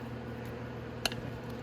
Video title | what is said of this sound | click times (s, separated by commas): Oil Cooler Replacement on Venom X22R Max 250cc Motorcycle - Venom Motorsports | um and it just snaps right in like | 1.1 s